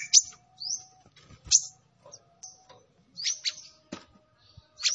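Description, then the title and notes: Sunbird song: scattered sharp, high chirps and short upslurred whistles spaced by pauses, with a faint low hum underneath. Kolibri ninja bird singing actively, with full fills and showy bursts, used as a lure for other birds. "MASTERAN KOLIBRI NINJA FULL ISIAN DAN TEMBAKAN MEWAH COCOK BUAT PANCINGAN. Suara Burung Kolibri Ninja Gacor"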